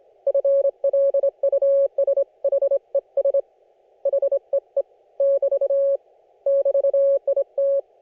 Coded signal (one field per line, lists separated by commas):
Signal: Morse code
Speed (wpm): 25 wpm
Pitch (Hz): 560 Hz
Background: none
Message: FLUSHES HEE <BT> <BT>IT